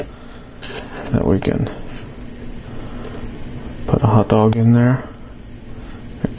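A plastic toy hot dog piece is pushed into a plastic bun element while someone talks. A short, sharp click is heard at 6.2 s as the hot dog piece clips into the bun and seats.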